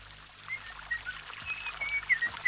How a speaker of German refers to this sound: Dort drüben fließt ein Bach.